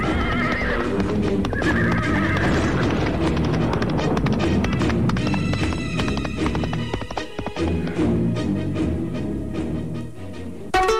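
A horse whinnies in loud, shrill bursts while hooves clatter in a quick, uneven clip-clop rhythm, with sharp percussive hits building in the middle and the sound staying dense and loud throughout.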